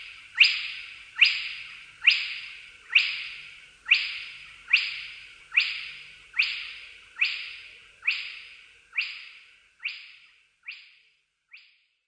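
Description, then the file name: Spotted crake calling a regular series of whip-like rising whistles, just under a second apart, the notes gradually fading and weakening toward the end. "kropiatka"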